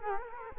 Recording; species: mosquito wingbeat signal from an infrared sensor; Culex quinquefasciatus